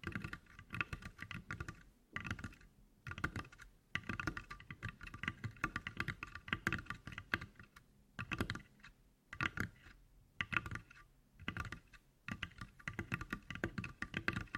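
ASMR tapping made of quick, dense clicks and taps in bursts, much like typing on a keyboard. The sounds run in flurries of a second or two separated by brief pauses, around 2, 4, 8, 9 and 11 seconds, with a steady high ringing tone underneath.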